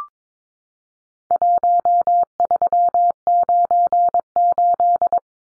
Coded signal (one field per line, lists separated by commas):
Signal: Morse code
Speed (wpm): 22 wpm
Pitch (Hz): 700 Hz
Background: none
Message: 1398